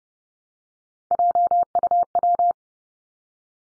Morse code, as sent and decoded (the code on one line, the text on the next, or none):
.--- ..- .--
JUW